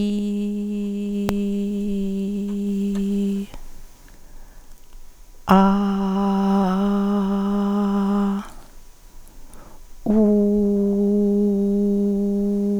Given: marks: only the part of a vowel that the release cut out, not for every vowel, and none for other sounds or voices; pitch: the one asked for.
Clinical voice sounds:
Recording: sustained vowels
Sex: female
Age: 50 to 59 years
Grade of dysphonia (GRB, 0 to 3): 2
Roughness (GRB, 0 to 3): 0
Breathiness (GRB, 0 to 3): 2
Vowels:
0.00-1.28 s: vowel /i/, normal pitch
5.82-7.73 s: vowel /a/, normal pitch
10.52-12.43 s: vowel /u/, normal pitch
From the record:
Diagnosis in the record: hyperfunctional dysphonia, psychogenic dysphonia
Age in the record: 52 years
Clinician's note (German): Ponogene Komponente

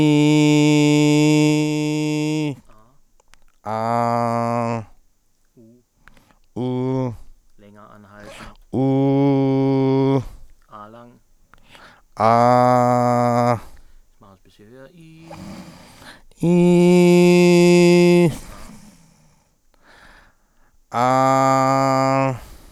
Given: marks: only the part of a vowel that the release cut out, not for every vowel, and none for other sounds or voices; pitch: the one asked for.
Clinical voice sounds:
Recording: sustained vowels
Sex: male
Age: 40 to 49 years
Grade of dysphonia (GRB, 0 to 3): 0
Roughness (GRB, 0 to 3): 0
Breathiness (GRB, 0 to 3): 0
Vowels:
0.00-1.27 s: vowel /i/, normal pitch
8.88-10.01 s: vowel /u/, normal pitch
12.37-13.26 s: vowel /a/, normal pitch
16.52-17.66 s: vowel /i/, high pitch
21.14-22.27 s: vowel /a/, high pitch
From the record:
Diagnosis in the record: laryngocele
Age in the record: 46 years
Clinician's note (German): Z.B. linkes Taschenband, Stimmlippen o.B.; Stroboskopie o.B.

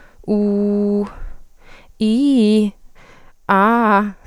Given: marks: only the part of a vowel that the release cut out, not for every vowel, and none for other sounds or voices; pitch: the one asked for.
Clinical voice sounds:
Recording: sustained vowels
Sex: female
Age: 20 to 29 years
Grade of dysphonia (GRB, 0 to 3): 0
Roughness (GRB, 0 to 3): 0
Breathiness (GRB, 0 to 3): 0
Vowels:
0.35-0.98 s: vowel /u/, low pitch
2.06-2.62 s: vowel /i/, low-high-low pitch
3.53-4.04 s: vowel /a/, low-high-low pitch
From the record:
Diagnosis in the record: healthy voice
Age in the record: 22 years

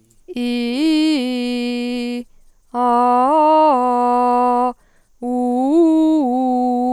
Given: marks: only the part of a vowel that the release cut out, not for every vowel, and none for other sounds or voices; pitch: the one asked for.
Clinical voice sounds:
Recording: sustained vowels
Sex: female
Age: 20 to 29 years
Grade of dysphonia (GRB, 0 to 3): 0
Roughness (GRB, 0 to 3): 0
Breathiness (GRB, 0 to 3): 0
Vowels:
0.52-1.69 s: vowel /i/, low-high-low pitch
2.96-4.16 s: vowel /a/, low-high-low pitch
5.41-6.68 s: vowel /u/, low-high-low pitch
From the record:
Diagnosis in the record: healthy voice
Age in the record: 23 years

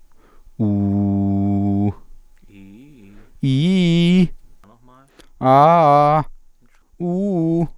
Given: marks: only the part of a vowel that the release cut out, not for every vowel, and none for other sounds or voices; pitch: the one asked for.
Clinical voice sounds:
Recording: sustained vowels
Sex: male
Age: 20 to 29 years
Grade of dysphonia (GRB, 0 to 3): 1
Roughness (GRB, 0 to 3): 0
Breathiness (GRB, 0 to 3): 0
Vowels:
0.76-1.77 s: vowel /u/, low pitch
3.47-4.16 s: vowel /i/, low-high-low pitch
5.48-6.13 s: vowel /a/, low-high-low pitch
7.08-7.60 s: vowel /u/, low-high-low pitch
From the record:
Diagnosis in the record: healthy voice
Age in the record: 24 years

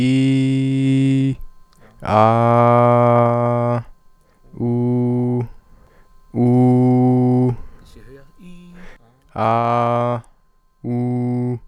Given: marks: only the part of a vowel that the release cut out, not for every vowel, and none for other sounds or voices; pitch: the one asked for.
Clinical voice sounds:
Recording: sustained vowels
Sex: male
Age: 20 to 29 years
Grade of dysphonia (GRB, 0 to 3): 0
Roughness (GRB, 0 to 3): 0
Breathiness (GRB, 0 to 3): 0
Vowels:
0.00-1.13 s: vowel /i/, normal pitch
2.32-3.65 s: vowel /a/, normal pitch
4.65-5.36 s: vowel /u/, normal pitch
9.42-10.12 s: vowel /a/, low pitch
10.90-11.49 s: vowel /u/, low pitch
From the record:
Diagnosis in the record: healthy voice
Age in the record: 28 years

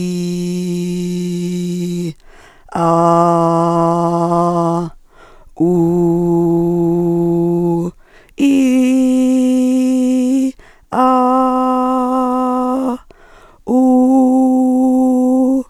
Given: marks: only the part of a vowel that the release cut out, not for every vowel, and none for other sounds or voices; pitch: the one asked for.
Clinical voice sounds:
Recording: sustained vowels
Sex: female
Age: 50 to 59 years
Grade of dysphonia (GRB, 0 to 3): 2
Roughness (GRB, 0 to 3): 1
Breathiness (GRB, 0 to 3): 2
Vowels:
0.00-1.97 s: vowel /i/, normal pitch
2.87-4.64 s: vowel /a/, normal pitch
5.70-7.63 s: vowel /u/, normal pitch
8.50-10.09 s: vowel /i/, high pitch
11.09-12.79 s: vowel /a/, high pitch
13.85-15.42 s: vowel /u/, high pitch
From the record:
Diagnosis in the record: functional dysphonia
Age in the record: 58 years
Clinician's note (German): Leichte funktionelle Dysphonie

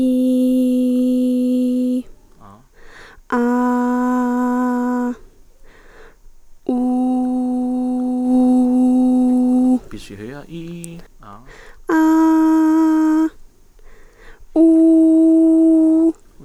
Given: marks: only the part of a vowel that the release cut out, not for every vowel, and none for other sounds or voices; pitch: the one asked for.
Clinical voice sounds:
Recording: sustained vowels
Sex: female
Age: 20 to 29 years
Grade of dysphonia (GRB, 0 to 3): 0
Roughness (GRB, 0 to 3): 0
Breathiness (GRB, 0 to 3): 0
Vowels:
0.00-1.89 s: vowel /i/, normal pitch
3.39-5.04 s: vowel /a/, normal pitch
7.34-9.30 s: vowel /u/, normal pitch
11.94-13.16 s: vowel /a/, high pitch
14.70-16.00 s: vowel /u/, high pitch
From the record:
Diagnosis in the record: healthy voice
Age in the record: 20 years

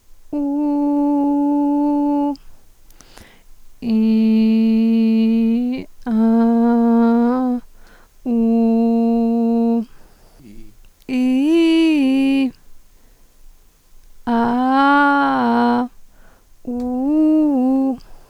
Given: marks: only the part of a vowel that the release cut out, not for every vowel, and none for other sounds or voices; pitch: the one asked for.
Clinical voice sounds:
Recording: sustained vowels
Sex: female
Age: 30 to 39 years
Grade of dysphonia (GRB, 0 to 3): 0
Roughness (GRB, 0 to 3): 0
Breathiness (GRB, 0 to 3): 0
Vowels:
0.62-2.25 s: vowel /u/, high pitch
4.04-5.24 s: vowel /i/, low pitch
8.34-9.72 s: vowel /u/, low pitch
11.16-12.41 s: vowel /i/, low-high-low pitch
14.61-15.77 s: vowel /a/, low-high-low pitch
16.95-17.49 s: vowel /u/, low-high-low pitch
From the record:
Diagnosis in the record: psychogenic dysphonia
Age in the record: 38 years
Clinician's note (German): Funktionell

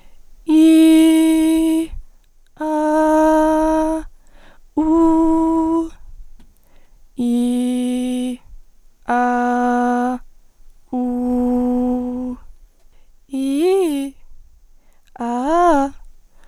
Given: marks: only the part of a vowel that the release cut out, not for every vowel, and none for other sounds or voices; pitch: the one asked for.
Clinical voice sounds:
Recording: sustained vowels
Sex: female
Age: 20 to 29 years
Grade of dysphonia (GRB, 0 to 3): 0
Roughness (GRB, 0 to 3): 0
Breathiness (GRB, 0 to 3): 0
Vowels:
0.56-1.53 s: vowel /i/, high pitch
2.70-3.75 s: vowel /a/, high pitch
4.88-5.42 s: vowel /u/, high pitch
7.29-8.23 s: vowel /i/, low pitch
9.16-10.10 s: vowel /a/, low pitch
11.19-12.23 s: vowel /u/, low pitch
13.38-14.03 s: vowel /i/, low-high-low pitch
15.24-15.83 s: vowel /a/, low-high-low pitch
From the record:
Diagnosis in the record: healthy voice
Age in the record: 20 years

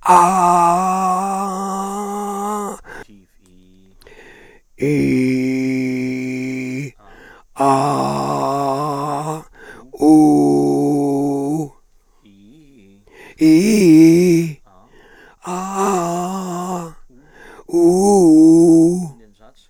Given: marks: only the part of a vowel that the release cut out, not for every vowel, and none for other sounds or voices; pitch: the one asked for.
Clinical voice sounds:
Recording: sustained vowels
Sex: male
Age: 60 to 69 years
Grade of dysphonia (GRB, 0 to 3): 3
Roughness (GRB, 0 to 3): 1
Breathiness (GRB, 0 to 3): 3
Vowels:
0.22-2.17 s: vowel /a/, high pitch
5.16-6.79 s: vowel /i/, low pitch
7.67-9.13 s: vowel /a/, low pitch
10.11-11.55 s: vowel /u/, low pitch
13.48-14.40 s: vowel /i/, low-high-low pitch
15.54-16.81 s: vowel /a/, low-high-low pitch
17.81-18.88 s: vowel /u/, low-high-low pitch
From the record:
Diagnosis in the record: frontolateral partial laryngectomy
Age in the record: 67 years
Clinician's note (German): Zustand danach

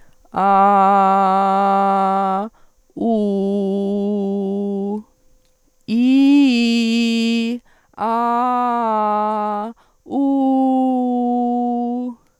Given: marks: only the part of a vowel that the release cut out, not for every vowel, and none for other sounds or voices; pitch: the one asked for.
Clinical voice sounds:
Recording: sustained vowels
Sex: female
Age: 40 to 49 years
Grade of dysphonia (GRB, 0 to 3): 0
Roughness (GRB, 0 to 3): 0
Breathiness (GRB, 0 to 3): 0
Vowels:
0.51-2.33 s: vowel /a/, low pitch
3.11-4.91 s: vowel /u/, low pitch
6.00-7.40 s: vowel /i/, low-high-low pitch
8.06-9.60 s: vowel /a/, low-high-low pitch
10.18-11.98 s: vowel /u/, low-high-low pitch
From the record:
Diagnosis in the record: dysodia (singing voice disorder)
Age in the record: 45 years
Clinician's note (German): Nach Therapie; Stimml. jetzt o.B.

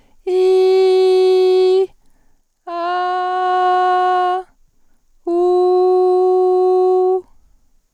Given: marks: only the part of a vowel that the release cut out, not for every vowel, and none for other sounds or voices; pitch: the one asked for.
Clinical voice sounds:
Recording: sustained vowels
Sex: female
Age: 40 to 49 years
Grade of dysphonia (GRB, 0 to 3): 0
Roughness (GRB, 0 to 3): 0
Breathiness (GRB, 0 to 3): 0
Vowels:
0.33-1.79 s: vowel /i/, high pitch
2.75-4.33 s: vowel /a/, high pitch
5.37-7.10 s: vowel /u/, high pitch
From the record:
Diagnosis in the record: healthy voice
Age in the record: 41 years

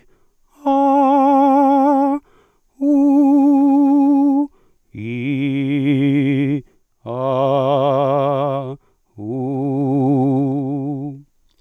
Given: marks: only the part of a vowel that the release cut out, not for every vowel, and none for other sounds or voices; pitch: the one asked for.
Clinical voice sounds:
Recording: sustained vowels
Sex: male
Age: 30 to 39 years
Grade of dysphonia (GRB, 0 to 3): 0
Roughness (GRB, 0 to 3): 0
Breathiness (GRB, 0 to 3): 0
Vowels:
0.71-2.08 s: vowel /a/, high pitch
2.88-4.33 s: vowel /u/, high pitch
5.26-6.51 s: vowel /i/, low pitch
7.21-8.57 s: vowel /a/, low pitch
9.32-11.01 s: vowel /u/, low pitch
From the record:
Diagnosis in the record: dysodia (singing voice disorder), contact pachydermia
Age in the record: 34 years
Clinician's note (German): Kontaktpachydermie ohne "Kontaktpachydermie"

